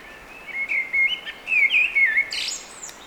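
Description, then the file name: Eurasian blackbird song, a flowing series of rich whistled warbles rising and falling, finished with a sharp high-pitched twittering flourish, over light background hiss. "Turdus merula"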